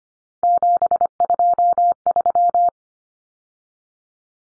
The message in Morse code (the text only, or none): 723